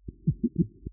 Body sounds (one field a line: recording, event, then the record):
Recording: neck accelerometer signal played as sound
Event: voluntary cough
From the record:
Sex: male